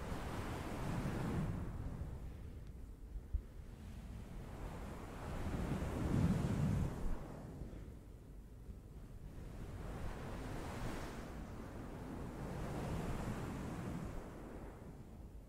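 Ocean waves roll in and wash out in slow swells, each surge rising to a fuller rush of surf around six seconds and again near the end before easing back. A low, steady rumble runs underneath, with some wind buffeting the microphone.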